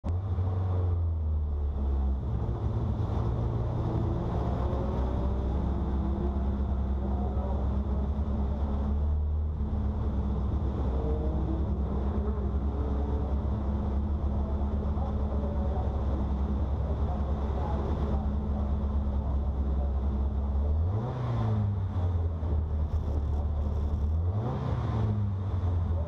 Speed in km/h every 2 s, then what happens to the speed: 10, 8, 6, 0, 0, 0, 0, 0, 0, 0, 0, 0, 0.
0-6 slows to 0. 6-26 standing.